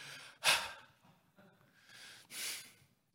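Two heavy, airy sighs about two seconds apart, imitating the short-of-breath sighing of an adult man driving with things on his mind, as discouragement, depression and heaviness, an anguish of spirit, come out as shortness of breath.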